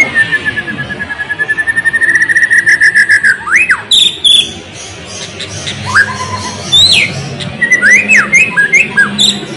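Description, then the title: White-rumped shama song: rapid repeated whistled notes building up, followed by swooping whistles, clicks and varied chattering phrases. Loud, actively singing bird used as a lure to get another bird to respond. "PANCINGAN MURAI BATU GACOR, LANGSUNG RESPON"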